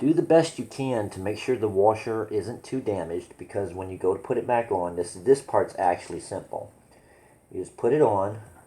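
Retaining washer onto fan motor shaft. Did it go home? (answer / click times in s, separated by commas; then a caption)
no / none. A retaining washer is being handled onto the shaft that holds the fan blade on a Mainstays/Pelonis fan heater motor, while someone talks throughout. A few faint handling sounds come between the speech, and nothing has seated or clicked yet by the end.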